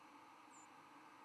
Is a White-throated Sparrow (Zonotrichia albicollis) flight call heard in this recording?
yes